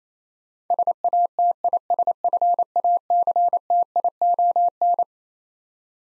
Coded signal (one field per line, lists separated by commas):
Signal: Morse code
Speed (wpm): 28 wpm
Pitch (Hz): 700 Hz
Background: none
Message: SATISFACTION